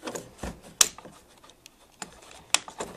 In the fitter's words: you hear that click noise it's setting properly here and now you can push those back in again